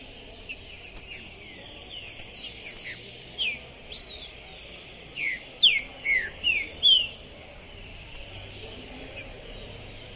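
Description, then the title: Green-winged saltator song: scattered downslurred whistles building to a rapid cluster of loud notes midway. Captive bird chirping, singing and 'macheando' (competitive display singing) while warming up at a songbird tournament entrance, 2021. "Esse É PERFEITO Para ESQUENTAR Seu TRINCA Piando, Cantando E Macheando Na DISPUTA. Esse TRINCA FERRO ficou POSSUÍDO na PORTA do TORNEIO!. Trinca Ferro Pistoleiro 2021!"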